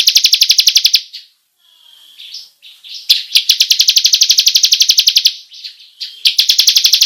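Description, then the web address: Bar-winged prinia pouring out long rolling trills of quick high notes, with soft twittering pauses between the bursts. Long rolling song style, locally called ngerol panjang. "ciblek suara-burung-ciblek-ngerol-panjang"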